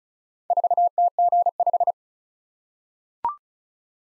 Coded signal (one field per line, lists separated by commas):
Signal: Morse code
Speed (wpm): 36 wpm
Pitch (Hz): 700 Hz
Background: none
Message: 4TG5